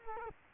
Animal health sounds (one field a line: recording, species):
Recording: mosquito wingbeat signal from an infrared sensor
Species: Culex quinquefasciatus